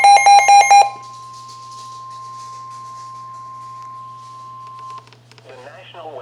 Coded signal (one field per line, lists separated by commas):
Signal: Emergency Alert System (SAME) tones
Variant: 1050 Hz attention tone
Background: speech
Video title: (EAS #20) Severe Thunderstorm Warning (KEC55)